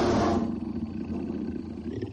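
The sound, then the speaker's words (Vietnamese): A deep, rumbling wild beast roar bursts out loudly from a bed, then settles into a sustained low growl that rolls on for a couple of seconds with no voices. “Ai ngờ, ngay khi tên khỉ ốm chuẩn bị ra tay, đột nhiên nghe thấy một tiếng gầm phát ra từ giường của Triệu Ngọc.”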